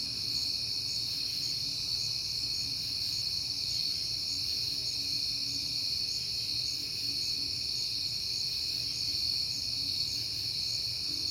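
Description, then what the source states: Crickets sustain an unbroken high trill, with a quiet low hum running beneath. Crickets at night in September, on a peaceful night; crickets heard often that month.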